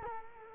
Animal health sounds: mosquito wingbeat signal from an infrared sensor; Culex quinquefasciatus

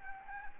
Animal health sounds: mosquito wingbeat signal from an infrared sensor; Anopheles gambiae

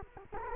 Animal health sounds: mosquito wingbeat signal from an infrared sensor; Culex quinquefasciatus

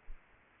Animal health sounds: mosquito wingbeat signal from an infrared sensor; Aedes aegypti

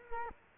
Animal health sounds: mosquito wingbeat signal from an infrared sensor; Culex quinquefasciatus

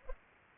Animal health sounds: mosquito wingbeat signal from an infrared sensor; Culex pipiens

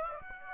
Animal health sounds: mosquito wingbeat signal from an infrared sensor; Aedes aegypti

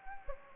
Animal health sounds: mosquito wingbeat signal from an infrared sensor; Anopheles gambiae

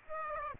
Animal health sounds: mosquito wingbeat signal from an infrared sensor; Aedes aegypti

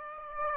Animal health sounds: mosquito wingbeat signal from an infrared sensor; Aedes aegypti

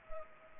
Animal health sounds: mosquito wingbeat signal from an infrared sensor; Anopheles arabiensis

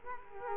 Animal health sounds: mosquito wingbeat signal from an infrared sensor; Culex quinquefasciatus

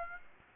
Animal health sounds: mosquito wingbeat signal from an infrared sensor; Aedes aegypti

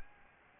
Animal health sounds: mosquito wingbeat signal from an infrared sensor; Anopheles arabiensis

